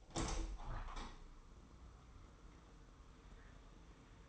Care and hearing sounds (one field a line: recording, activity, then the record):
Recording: daily activity, microphone in the room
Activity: open window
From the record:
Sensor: 1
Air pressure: 999.9 hPa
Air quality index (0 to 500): 236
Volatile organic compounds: 106 ppm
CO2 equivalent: 3793 ppm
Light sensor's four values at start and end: 10/25/10/11 and 11/28/11/12